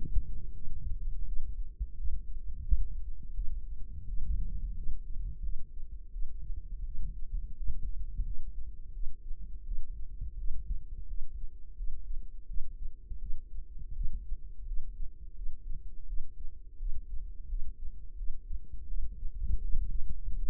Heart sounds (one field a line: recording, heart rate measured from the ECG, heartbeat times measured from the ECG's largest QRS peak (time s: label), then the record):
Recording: heart sounds by microphone in the right ear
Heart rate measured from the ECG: 85 bpm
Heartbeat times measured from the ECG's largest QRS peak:
0.52 s: heartbeat
1.24 s: heartbeat
1.95 s: heartbeat
2.63 s: heartbeat
3.33 s: heartbeat
4.05 s: heartbeat
4.74 s: heartbeat
5.41 s: heartbeat
6.10 s: heartbeat
6.83 s: heartbeat
7.55 s: heartbeat
8.22 s: heartbeat
8.91 s: heartbeat
9.63 s: heartbeat
10.35 s: heartbeat
11.05 s: heartbeat
11.74 s: heartbeat
12.45 s: heartbeat
13.18 s: heartbeat
13.92 s: heartbeat
14.64 s: heartbeat
15.33 s: heartbeat
16.05 s: heartbeat
16.77 s: heartbeat
17.46 s: heartbeat
18.15 s: heartbeat
18.86 s: heartbeat
19.59 s: heartbeat
20.35 s: heartbeat
From the record:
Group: healthy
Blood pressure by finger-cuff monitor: 108/77 mmHg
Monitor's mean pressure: 87 mmHg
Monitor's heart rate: 85 bpm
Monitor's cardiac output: 6.1 L/min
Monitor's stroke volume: 71 mL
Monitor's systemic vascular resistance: 1050 dyn s/cm5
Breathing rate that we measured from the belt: 19 breaths a minute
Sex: female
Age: 19 years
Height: 163 cm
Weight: 51 kg